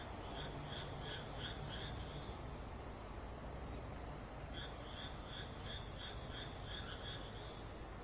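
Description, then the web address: Frog giving two bursts of rapid pulsed croaks, one near the start and another after a pause of about two seconds, over a constant low rumble. "kaeru kaeru"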